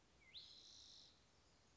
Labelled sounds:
Spotted Towhee (Pipilo maculatus)
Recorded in Sonoma County, California

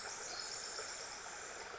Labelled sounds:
Pacific Wren (Troglodytes pacificus)
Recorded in Sonoma County, California

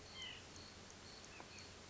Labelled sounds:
White-breasted Nuthatch (Sitta carolinensis)
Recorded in Sonoma County, California

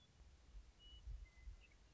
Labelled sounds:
Western Meadowlark (Sturnella neglecta)
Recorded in Sonoma County, California

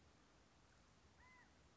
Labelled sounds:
California Quail (Callipepla californica)
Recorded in Sonoma County, California

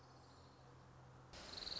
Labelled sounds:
Orange-crowned Warbler (Leiothlypis celata)
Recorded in Sonoma County, California

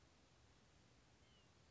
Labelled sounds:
White-breasted Nuthatch (Sitta carolinensis)
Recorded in Sonoma County, California

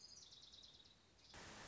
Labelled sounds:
Orange-crowned Warbler (Leiothlypis celata)
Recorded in Sonoma County, California

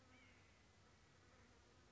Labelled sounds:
White-breasted Nuthatch (Sitta carolinensis)
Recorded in Sonoma County, California

